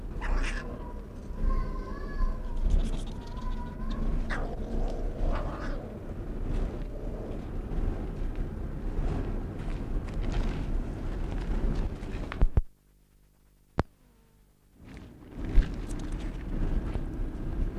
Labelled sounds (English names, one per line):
European Pine Marten growling